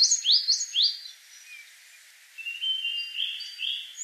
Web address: Московка